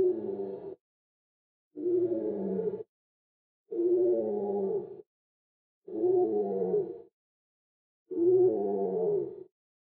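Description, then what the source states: Crow calls, deep and drawn-out: five long, harsh, rasping caws, each about a second long, repeated roughly every two seconds with silence between. Crow call, slowed down.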